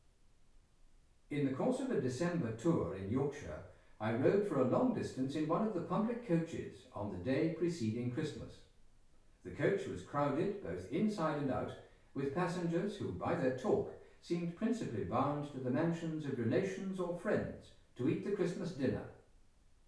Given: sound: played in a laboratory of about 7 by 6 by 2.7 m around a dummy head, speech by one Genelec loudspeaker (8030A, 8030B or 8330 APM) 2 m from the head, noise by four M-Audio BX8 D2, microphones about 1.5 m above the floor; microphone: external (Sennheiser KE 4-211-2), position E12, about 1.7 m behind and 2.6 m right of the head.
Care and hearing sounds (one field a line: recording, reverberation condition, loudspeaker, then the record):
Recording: male speech in English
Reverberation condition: medium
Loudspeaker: 60 degrees to the right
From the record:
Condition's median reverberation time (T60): about 510 ms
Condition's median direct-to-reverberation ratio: about -0.5 dB